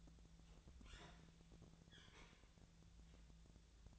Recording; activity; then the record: daily activity, microphone in the room; open fridge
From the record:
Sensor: 3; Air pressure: 1000.0 hPa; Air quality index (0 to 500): 127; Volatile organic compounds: 2 ppm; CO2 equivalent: 1138 ppm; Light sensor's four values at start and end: 40/102/43/47 and 40/101/43/47